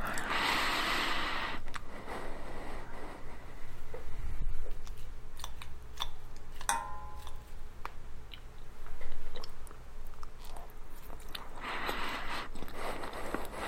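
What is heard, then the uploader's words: Mouth sounds throughout: wet clicks, smacks and chewing-like crunches scattered across the clip. Louder hissy stretches open and close it, with a bright burst near the start and again after twelve seconds, while a low steady hum runs underneath. Lot of mouth sounds.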